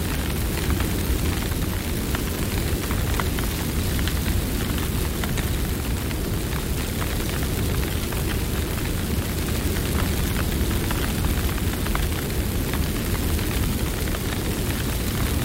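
A wildfire roars steadily with a deep, dense rumble that never lets up across the whole stretch. Sharp crackles and pops flicker constantly over the low roar, busy, with a faint hiss riding high above.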